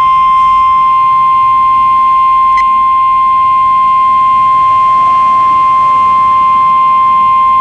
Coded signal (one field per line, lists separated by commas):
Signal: Emergency Alert System (SAME) tones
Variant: 1050 Hz attention tone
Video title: Weather Radio EAS No 39 & 40 Required Weekly and Monthly Tests